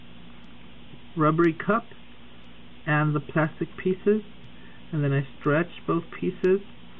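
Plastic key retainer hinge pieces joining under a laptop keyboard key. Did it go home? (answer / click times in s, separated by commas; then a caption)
no / none. Someone talks while a blade is worked between the rubber cup and the plastic retainer under a laptop keyboard key, starting to stretch the two plastic hinge pieces apart. Only speech over a low, steady background is heard. Nothing has seated or clicked yet.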